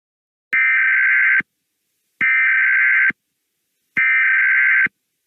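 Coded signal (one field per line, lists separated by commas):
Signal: Emergency Alert System (SAME) tones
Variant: header bursts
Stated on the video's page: Fictional hurricane EAS scenario, simulated alert.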